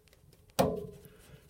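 The plastic coupling ring of a Smartwares SHS-53000 wireless thermostatic radiator valve head is turned onto the radiator valve body, and a single loud, sharp click sounds at 0.6 s, followed by a brief ringing tail. At the tight point the ring slips and the whole head goes loose on a stripped coupling.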